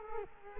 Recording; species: mosquito wingbeat signal from an infrared sensor; Culex quinquefasciatus